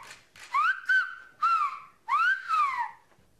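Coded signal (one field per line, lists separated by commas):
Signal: whistled language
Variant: Occitan whistled (Aas)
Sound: three gliding whistled phrases rising and falling around 1-1.5 kHz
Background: small room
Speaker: los niños de esta clase no sólo aprenden el lenguaje de sus ancestros el occitano sino también a silbar lo un lenguaje olvidado que poco a poco se está recuperando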